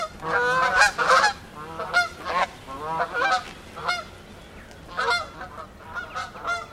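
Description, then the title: Goose: geese honking in a noisy flock, loud overlapping nasal honks in irregular bursts with short pauses between groups. Geese in gaggles in fields and flooded meadows by the River Thame, England, UK, morning of 23 September 2023, excited by water across the meadows. "Gaggles of geese, River Thame, England, UK on 23rd September 2023"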